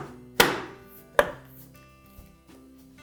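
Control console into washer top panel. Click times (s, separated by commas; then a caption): 0.4 s, 1.2 s. A plastic control console is pushed onto the top panel of a front-load washer, with its small tabs lined up in the slots. Two sharp thunks are heard at 0.4 and 1.2 seconds, followed by a faint low hum. The console snaps and locks into place.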